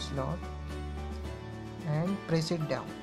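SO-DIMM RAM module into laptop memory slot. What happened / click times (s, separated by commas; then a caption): The memory module is handled but not yet seated; no click is heard / none. A new SO-DIMM RAM module is being handled for insertion into the memory slot of an HP DV6 Pavilion series laptop, to be pressed down until the retaining clips lock it. Someone talks over background music, with no distinct click heard. Nothing has seated or clicked yet.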